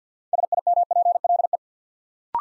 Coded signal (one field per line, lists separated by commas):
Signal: Morse code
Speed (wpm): 50 wpm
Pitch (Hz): 700 Hz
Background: none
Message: SIMPLE